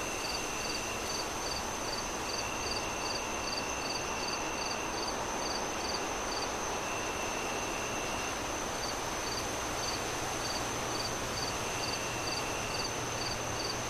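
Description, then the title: Cricket chirps, short high pulses repeated about two or three times a second with a brief pause midway, over a steady high whine and loud rushing wind. Crickets chirping on a windy night, wind howling through the trees. "Relaxing Crickets Sounds On A Windy Night"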